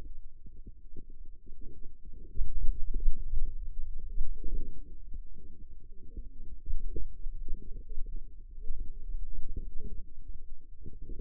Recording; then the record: forearm muscle sounds (acoustic myography)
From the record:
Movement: finger pinch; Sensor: system 2, bracelet of six BSWA MPA416 microphones around the upper forearm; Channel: 5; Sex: female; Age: 21 years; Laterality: right